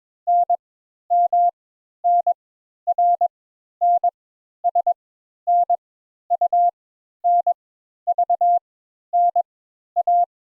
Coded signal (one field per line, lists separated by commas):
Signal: Morse code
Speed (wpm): 22 wpm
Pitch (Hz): 700 Hz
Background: none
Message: N M N R N S N U N V N A